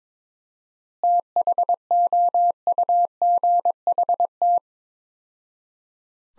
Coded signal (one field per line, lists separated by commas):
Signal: Morse code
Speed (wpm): 21 wpm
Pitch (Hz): 700 Hz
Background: none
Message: THOUGHT